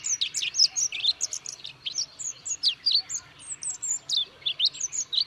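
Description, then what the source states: Olive-backed pipit giving thin, very high, sharp notes in quick irregular bursts, some sliding down in pitch, continuing throughout with short pauses; background otherwise quiet. Recorded at Yushan, Taiwan.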